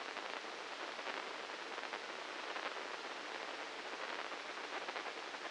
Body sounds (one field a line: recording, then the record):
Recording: brain microelectrode recording played as sound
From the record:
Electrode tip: inside the subthalamic nucleus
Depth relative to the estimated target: -2 mm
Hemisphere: left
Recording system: NeuroSet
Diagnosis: Parkinson's disease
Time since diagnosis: 9 years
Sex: male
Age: 56 years